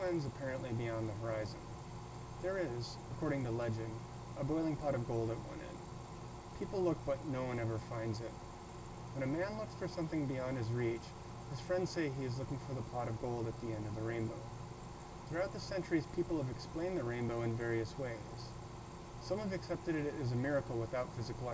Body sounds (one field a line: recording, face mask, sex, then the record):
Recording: reading aloud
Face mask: surgical mask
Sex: male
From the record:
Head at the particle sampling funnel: tilted up or above it, chin in front of it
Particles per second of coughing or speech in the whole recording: 0.333